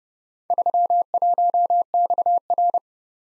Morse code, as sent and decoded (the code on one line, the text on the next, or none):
...-- .---- -..- .-.
31XR